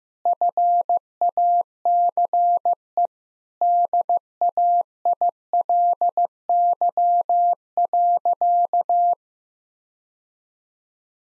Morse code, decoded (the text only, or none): FACE DAILY.